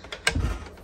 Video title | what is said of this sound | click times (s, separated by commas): Best Collapsible Dining Table Ever!! - Fold & Unfold in 10 Seconds | snaping place | 0.3 s